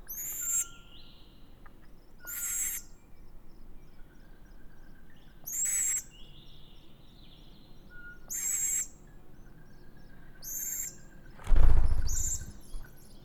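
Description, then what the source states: Eurasian pygmy owl calls: high, thin, whistled squeaks with short lower notes, repeated in bursts about every two to three seconds; a brief loud rustling thump near the end. Food pass, with various calls of male, female and nestlings.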